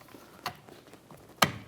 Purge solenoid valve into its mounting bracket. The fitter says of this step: Let's align it with its bracket and press it in. Listen for a click.